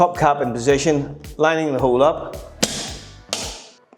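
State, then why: Seated. A plastic hip top cap on a Korniche roof lantern is placed onto the aluminium hip rafter, its hole lined up and pressed down while someone talks. It clicks into place with a sharp click at 2.6 s, followed by another sharp tap at 3.3 s and faint ticks near the end, confirming the cap is seated.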